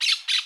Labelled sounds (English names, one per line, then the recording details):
Brown-throated Parakeet contact call
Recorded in Curacao
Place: Hoffi Jan Thiel
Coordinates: 12.094, -68.877